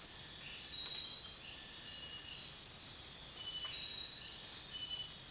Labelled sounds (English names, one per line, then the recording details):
none
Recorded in dense forest near Puerto Asís, Putumayo, Colombia, on 23 June 2025 at 04:30
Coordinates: 0.466, -76.327
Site GP04